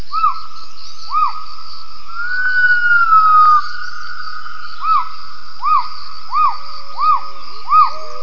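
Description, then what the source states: Gibbon calls: short, arched whooping notes repeated, interrupted by one long drawn-out note, over a steady high hiss. Recording used for acoustic triangulation.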